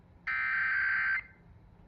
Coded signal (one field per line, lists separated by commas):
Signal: Emergency Alert System (SAME) tones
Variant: header bursts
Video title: VDEM Required Monthly Test FAIL - Required Weekly Test 2/11/25 (EAS #1469)